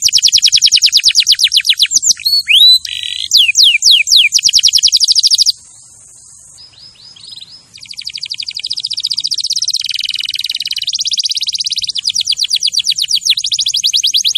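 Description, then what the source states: Canary song: rapid trills of descending chirps high in pitch, varied phrases, a short quieter pause midway before a fast, even trill resumes. Champion canary song used as a master recording for training other birds.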